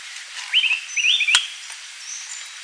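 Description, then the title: Bird singing two quick warbled, twittering phrases close together, with a sharp click during the second and soft background hiss. "LuckyPassaro Completos2Sama"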